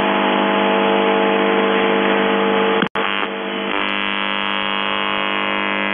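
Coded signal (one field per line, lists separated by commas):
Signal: numbers station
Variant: UVB-76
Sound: continuous harsh buzz over shortwave hiss, cut by one brief dropout; no voice heard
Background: radio static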